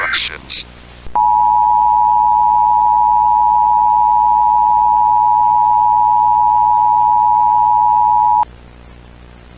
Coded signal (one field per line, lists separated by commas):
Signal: Emergency Alert System (SAME) tones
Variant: 853 and 960 Hz attention tone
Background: speech